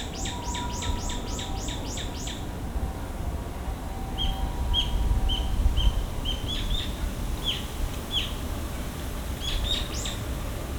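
Bird calls: a quick series of high, falling notes, then scattered short whistled chirps, over a steady low rumble of background noise.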